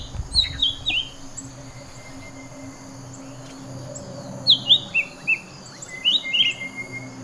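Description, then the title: Bird song in a few bursts of sharp descending whistles, over a faint steady high hum. "SuaraBurung Kicau"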